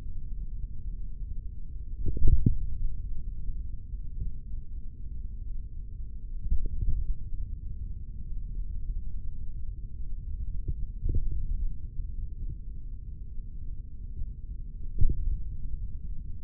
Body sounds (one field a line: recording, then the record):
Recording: forearm muscle sounds (acoustic myography)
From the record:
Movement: finger pinch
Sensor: system 3, bracelet of six PUI Audio POM-2738L microphones around the upper forearm, with dedicated amplification and filtering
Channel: 2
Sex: male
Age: 56 years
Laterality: right